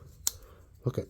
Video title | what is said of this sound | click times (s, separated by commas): GREAT RESULTS! This Vintage Case Trapper Really Shines! | Now we're getting snap. | 0.3 s